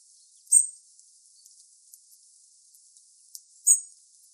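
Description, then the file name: European robin giving two thin, very high, short calls about three seconds apart, with faint high hiss and a few soft ticks in between. "Erithacus rubecula"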